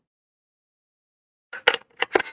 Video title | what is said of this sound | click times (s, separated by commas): Photography Chat Live | snaps back in there and then this snaps back in here | 1.7 s, 2.0 s